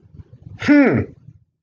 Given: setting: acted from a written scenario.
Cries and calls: vocal sound without words; confusion

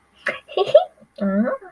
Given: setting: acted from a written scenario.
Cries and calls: vocal sound without words; contentment

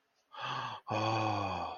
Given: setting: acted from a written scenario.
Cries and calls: vocal sound without words; awe

